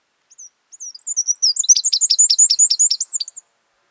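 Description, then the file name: Eurasian wren singing one fast, shrill phrase of tumbling high notes that builds into a loud rapid trill lasting about three seconds. "Troglodytes troglodytes"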